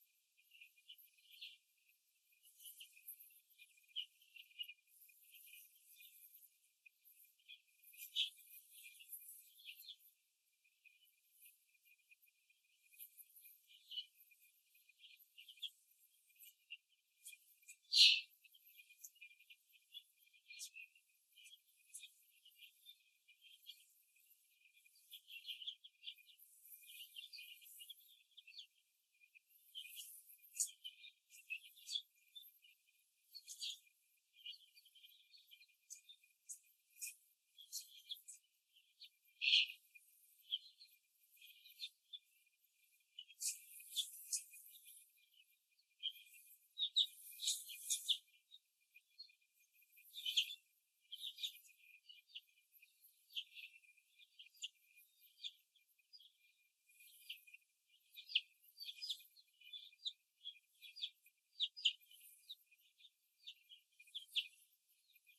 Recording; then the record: young laying hens in a cage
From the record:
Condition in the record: after the stressor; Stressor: simulated dog barking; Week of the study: 2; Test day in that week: 2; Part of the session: 1